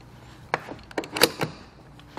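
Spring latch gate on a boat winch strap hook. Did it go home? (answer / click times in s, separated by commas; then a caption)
yes / 0.5 s. The spring latch gate on a plastic-coated stamped-steel boat winch strap hook is pushed back closed and snaps shut with a sharp click at 0.5 s. Several softer clicks and rattles follow between about 1.0 and 1.4 s. The latch is seated.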